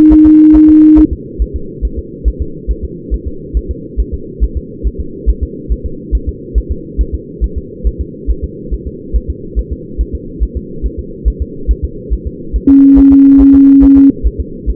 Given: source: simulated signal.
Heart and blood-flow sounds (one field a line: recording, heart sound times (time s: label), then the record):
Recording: fetal heart sounds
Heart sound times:
0.13 s: S1
0.27 s: S2
0.56 s: S1
0.70 s: S2
0.99 s: S1
1.13 s: S2
1.42 s: S1
1.56 s: S2
1.85 s: S1
1.99 s: S2
2.28 s: S1
2.42 s: S2
2.71 s: S1
2.84 s: S2
3.14 s: S1
3.28 s: S2
3.57 s: S1
3.71 s: S2
4.00 s: S1
4.14 s: S2
4.44 s: S1
4.57 s: S2
4.87 s: S1
5.01 s: S2
5.30 s: S1
5.43 s: S2
5.72 s: S1
5.86 s: S2
6.15 s: S1
6.29 s: S2
6.58 s: S1
6.72 s: S2
7.01 s: S1
7.15 s: S2
7.44 s: S1
7.58 s: S2
7.87 s: S1
8.01 s: S2
8.31 s: S1
8.44 s: S2
8.74 s: S1
8.87 s: S2
9.16 s: S1
9.30 s: S2
9.59 s: S1
9.73 s: S2
10.01 s: S1
10.15 s: S2
10.43 s: S1
10.57 s: S2
10.86 s: S1
11.00 s: S2
11.28 s: S1
11.42 s: S2
11.71 s: S1
11.85 s: S2
12.13 s: S1
12.27 s: S2
12.56 s: S1
12.70 s: S2
12.99 s: S1
13.12 s: S2
13.41 s: S1
13.55 s: S2
13.84 s: S1
13.98 s: S2
14.27 s: S1
14.40 s: S2
14.70 s: S1
From the record:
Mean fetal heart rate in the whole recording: 140 bpm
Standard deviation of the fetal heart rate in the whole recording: 2 bpm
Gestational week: 34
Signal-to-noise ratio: -4.3 dB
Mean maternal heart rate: 72 bpm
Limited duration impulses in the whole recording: present